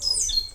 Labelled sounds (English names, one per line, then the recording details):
Stitchbird song
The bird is a male
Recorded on Tiritiri Matangi Island, New Zealand, in 2005
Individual 5, of nest box 6